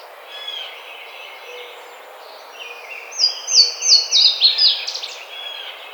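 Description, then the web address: Yellow-rumped warbler song: a loud burst of several sharp, high notes stepping down in pitch, with lower notes beneath. Recorded on 5 May 2009. "Yellow-rumped Warbler 2009 05 05"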